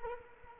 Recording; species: mosquito wingbeat signal from an infrared sensor; Culex quinquefasciatus